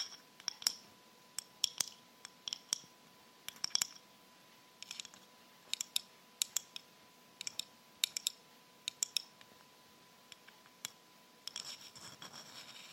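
Light fingernail-like tapping on hard surfaces, coming in small bursts of quick clicks with short pauses between them, bright and crisp. Near the end, around eleven to thirteen seconds, the taps turn into a denser scratchy rattle, over a faint steady hum.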